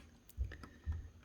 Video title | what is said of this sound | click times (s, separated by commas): iPhone 6 no power or charging fix | reconnect that until it snaps into place | 0.5 s